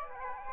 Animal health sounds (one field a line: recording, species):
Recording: mosquito wingbeat signal from an infrared sensor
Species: Aedes aegypti